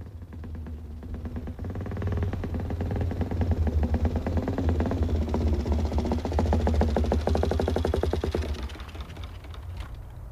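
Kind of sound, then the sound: vehicle, motorcycle engine running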